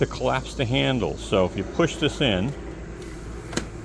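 Someone talks while handling the collapsible handle lock on a PRORUN 60V lawn mower, about to push its one large button to collapse the handle. A brief sharp sound comes near 3.6 s, but the handle has not locked or clicked into place yet.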